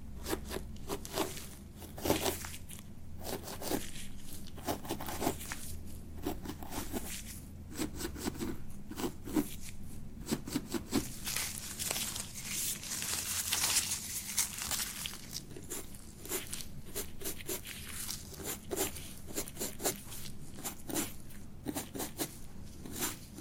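Beard treatment: continuous dense scratching and crackling with rapid irregular bursts, brighter hissy rubbing around the middle, and a steady low hum underneath.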